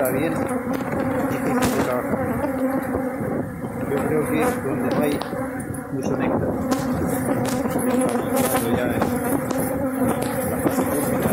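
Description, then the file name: Honey bees producing a constant heavy buzz that dips briefly now and then. Aggressive honey bees inside the hive. "Abejas agresivas"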